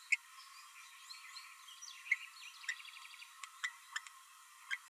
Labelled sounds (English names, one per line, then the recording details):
Green-rumped Parrotlet babbling
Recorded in a nest box in Venezuela
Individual 18B12A3